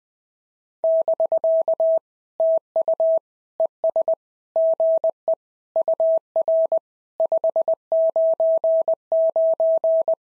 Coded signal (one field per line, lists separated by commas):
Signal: Morse code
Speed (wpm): 19 wpm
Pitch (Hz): 650 Hz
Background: none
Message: <BK> TU ES GE UR 599